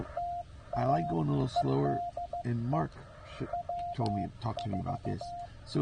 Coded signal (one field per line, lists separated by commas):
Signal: Morse code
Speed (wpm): 16 wpm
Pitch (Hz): 700 Hz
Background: speech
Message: TA E DE W4